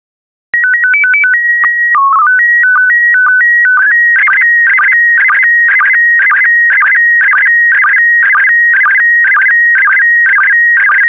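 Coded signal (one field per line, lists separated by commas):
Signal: SSTV (slow-scan television)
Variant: PD 120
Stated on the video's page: SSTV images sent in PD120 format.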